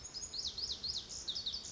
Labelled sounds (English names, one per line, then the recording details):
Lazuli Bunting
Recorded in Sonoma County, California